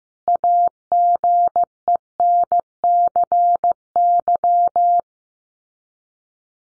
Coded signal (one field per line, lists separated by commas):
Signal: Morse code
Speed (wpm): 15 wpm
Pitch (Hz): 700 Hz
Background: none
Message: AGENCY